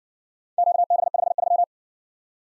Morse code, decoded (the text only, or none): QB53